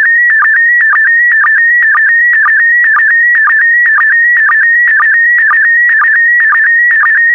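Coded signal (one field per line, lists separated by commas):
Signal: SSTV (slow-scan television)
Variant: PD120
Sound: a warbling tone around 2 kHz with a short low blip roughly every half second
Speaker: the next image transmission will start in 10 seconds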